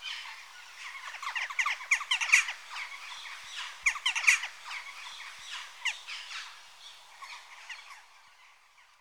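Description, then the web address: Western jackdaws giving quick, sharp calls in an overlapping cluster, loudest around two and four seconds, then tailing off into quieter scattered calls. Adult jackdaws. "The BBC Sound Effects Library - Complete 60 CDs Collection. Jackdaw (Corvus Monedula) Adults"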